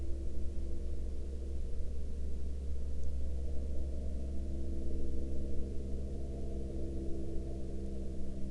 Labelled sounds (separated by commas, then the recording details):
aircraft
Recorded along the Dalton Highway, Alaska, on 29 April 2019 at 21:30
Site 09